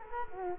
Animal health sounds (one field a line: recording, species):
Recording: mosquito wingbeat signal from an infrared sensor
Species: Culex quinquefasciatus